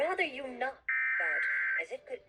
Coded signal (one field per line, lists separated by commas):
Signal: Emergency Alert System (SAME) tones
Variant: header bursts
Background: speech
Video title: San Diego Audacy RWTs - 06/28/26 (EAS #200-204)